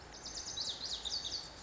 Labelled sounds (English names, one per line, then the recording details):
Lazuli Bunting
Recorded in Sonoma County, California